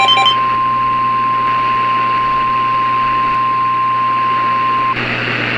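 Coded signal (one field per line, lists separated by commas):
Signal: Emergency Alert System (SAME) tones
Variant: 1050 Hz attention tone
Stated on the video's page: Fictional mock tornado emergency scenario; not a real alert.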